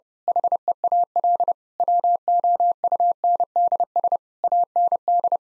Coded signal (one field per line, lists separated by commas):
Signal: Morse code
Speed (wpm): 30 wpm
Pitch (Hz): 700 Hz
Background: none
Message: HEAL WOUNDS AND